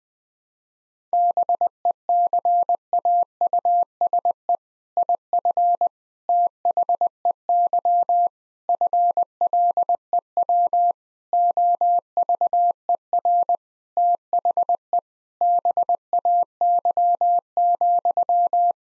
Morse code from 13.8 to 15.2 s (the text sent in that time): THE